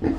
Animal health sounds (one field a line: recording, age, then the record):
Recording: pig call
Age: growing-finishing pig (85 days or more)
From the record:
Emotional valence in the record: negative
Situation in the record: barren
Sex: female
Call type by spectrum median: low-frequency call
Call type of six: low-frequency stable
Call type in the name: low-frequency stable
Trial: 4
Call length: 0.19 s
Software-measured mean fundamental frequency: 47 Hz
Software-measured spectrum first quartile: 190 Hz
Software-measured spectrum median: 295 Hz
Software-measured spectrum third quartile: 416 Hz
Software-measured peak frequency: 320 Hz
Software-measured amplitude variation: 174 dB a second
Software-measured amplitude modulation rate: 15.9 a second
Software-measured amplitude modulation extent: 10.9 dB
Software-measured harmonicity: 5.0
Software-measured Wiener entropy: -0.78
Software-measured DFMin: 1246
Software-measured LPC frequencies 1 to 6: 338, 1816, 2358, 4058, 4781, 6334 Hz